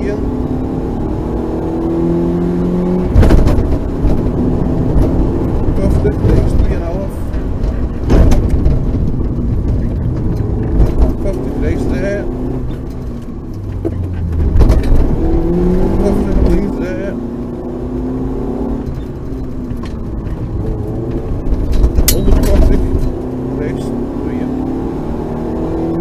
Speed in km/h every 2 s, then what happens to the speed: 75, 83, 91, 85, 47, 53, 51, 42, 56, 58, 53, 61, 72.
0-5 speeds up to 91. 5-8 brakes to 47. 11-13 brakes to 42. 14-17 speeds up to 58. 21-26 speeds up to 72.